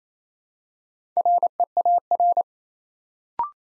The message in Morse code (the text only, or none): REAR